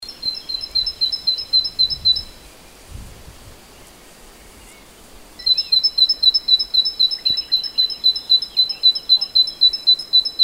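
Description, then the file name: Great tit giving rapid, evenly repeated high double notes; a brief series, a few soft low thumps during a gap, then a longer steady run. "Parus major"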